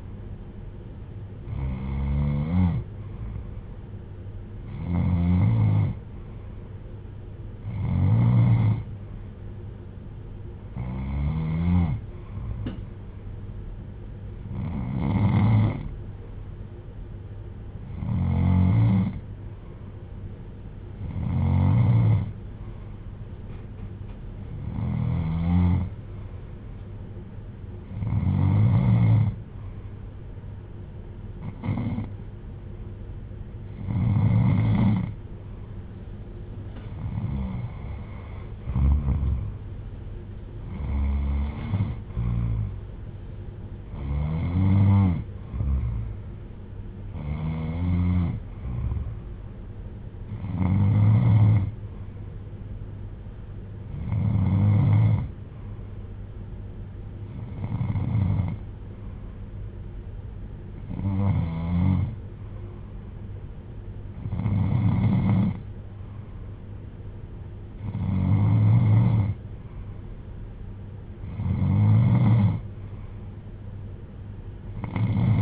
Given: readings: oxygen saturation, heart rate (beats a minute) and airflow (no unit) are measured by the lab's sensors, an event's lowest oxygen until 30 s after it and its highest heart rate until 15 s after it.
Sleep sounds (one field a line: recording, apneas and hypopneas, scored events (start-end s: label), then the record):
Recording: breathing in sleep by a smartphone at the bedside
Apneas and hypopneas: none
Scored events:
none scored
From the record:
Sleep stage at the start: N2 (light sleep)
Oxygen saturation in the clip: 92 to 95%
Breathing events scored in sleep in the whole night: 310 in 8.1 hours asleep